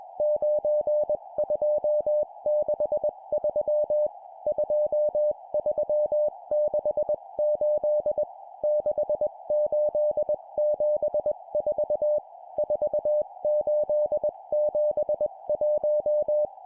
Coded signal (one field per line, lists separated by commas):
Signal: Morse code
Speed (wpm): 21 wpm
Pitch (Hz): 600 Hz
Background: music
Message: 9263 2368 6874 4871